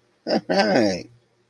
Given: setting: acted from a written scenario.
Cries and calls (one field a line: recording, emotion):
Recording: vocal sound without words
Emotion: positive surprise